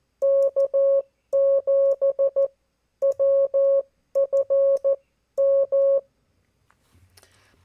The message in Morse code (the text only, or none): K7WFM